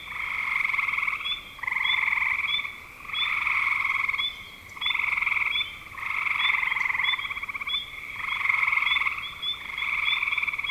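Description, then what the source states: Frog chorus of rattling trills in bursts of one to two seconds, separated by brief dips, with short high chirps throughout. Recorded in spring 2025.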